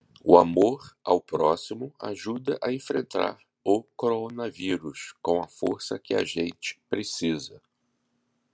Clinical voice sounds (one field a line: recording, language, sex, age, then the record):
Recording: spoken sentence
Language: Brazilian Portuguese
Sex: male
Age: 50 to 59 years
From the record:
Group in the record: control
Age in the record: 50 years